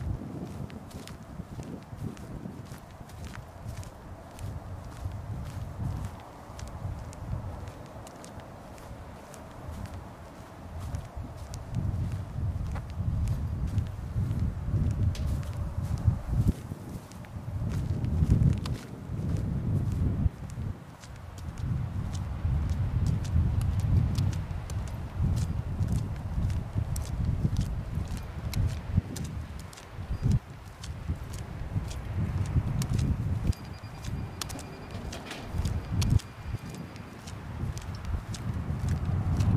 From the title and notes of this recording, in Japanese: 帰り道、まだ桜は咲いてました。今回も本人喋りません！